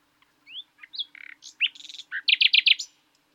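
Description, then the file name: Common nightingale song phrase: varied whistles and buzzy notes, ending in a loud rapid series of repeated sharp notes. "Luscinia megarhynchos"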